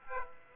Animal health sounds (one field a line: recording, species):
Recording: mosquito wingbeat signal from an infrared sensor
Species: Aedes aegypti